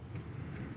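A new, lubricated timing chain tensioner shoe is handled at its mount in a Ford F150 3.7/3.5 engine, where it is to be pushed onto its seat until it clicks. Only a steady low rumble and soft broadband noise are heard, with no sharp transients. Nothing has seated or clicked yet.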